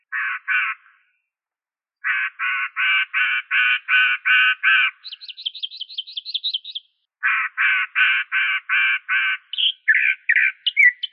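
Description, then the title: Bird song of harsh, buzzy harmonic notes repeated about three per second in bursts, broken by a fast high trill and ending in squeaky notes. "LuckyPassaros CompletosSama"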